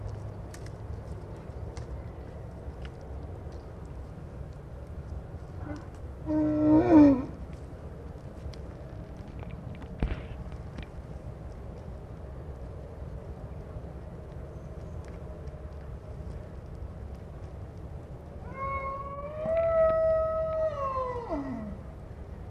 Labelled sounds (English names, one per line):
Wapiti rut call